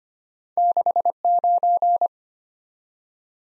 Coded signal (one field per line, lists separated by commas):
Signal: Morse code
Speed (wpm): 25 wpm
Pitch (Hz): 700 Hz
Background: none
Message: 69